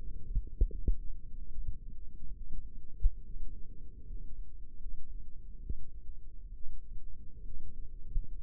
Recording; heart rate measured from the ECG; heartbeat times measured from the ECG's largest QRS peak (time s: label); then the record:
heart sounds by microphone in the left ear; 71 bpm
0.70 s: heartbeat
1.49 s: heartbeat
2.35 s: heartbeat
3.23 s: heartbeat
4.06 s: heartbeat
4.80 s: heartbeat
5.62 s: heartbeat
6.53 s: heartbeat
7.44 s: heartbeat
8.27 s: heartbeat
From the record:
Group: healthy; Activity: rest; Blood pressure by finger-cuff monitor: 118/58 mmHg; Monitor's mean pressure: 75 mmHg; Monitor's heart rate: 70 bpm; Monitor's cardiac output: 7.3 L/min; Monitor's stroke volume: 100 mL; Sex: female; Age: 22 years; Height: 160 cm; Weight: 63 kg